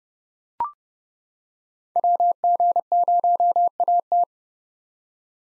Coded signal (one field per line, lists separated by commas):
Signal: Morse code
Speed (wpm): 30 wpm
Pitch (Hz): 700 Hz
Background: none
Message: WG0AT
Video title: 2023 SOTA Chaser Call Signs - 30wpm